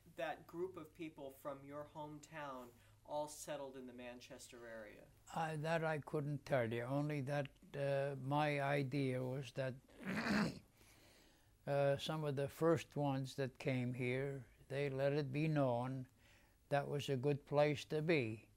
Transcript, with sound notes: that group of people from your hometown all settled in the Manchester area?
That I couldn't tell you. Only that my idea was that [clears throat] some of the first ones that came here, they let it be known that was a good place to be.